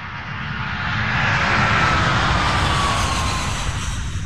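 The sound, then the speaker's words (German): A steady, loud airplane engine drone fills the cabin of a flight from Dhaka back to Germany, a broad low rumble with a faint whining tone gliding slowly downward through the middle, swelling slightly then holding constant. “Nachdenklich sitze ich im Flugzeug von Dhaka auf dem Weg zurück nach Deutschland.”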